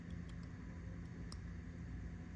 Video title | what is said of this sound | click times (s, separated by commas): BONESHAKER gets an UPGRADE! - Hot Wheels | Same thing, just pops right on in. | 1.3 s